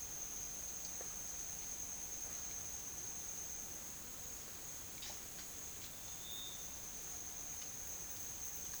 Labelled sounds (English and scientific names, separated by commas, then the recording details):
none
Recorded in pastures near Puerto Asís, Putumayo, Colombia, on 25 June 2025 at 10:30
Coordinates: 0.502, -76.324
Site G010